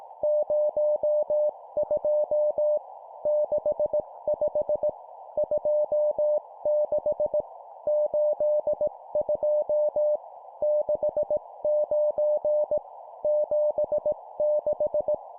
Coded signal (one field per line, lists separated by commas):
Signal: Morse code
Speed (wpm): 18 wpm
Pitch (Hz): 600 Hz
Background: none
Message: 02 65 26 82 69 76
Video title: 17wpm Two number words, morse code practice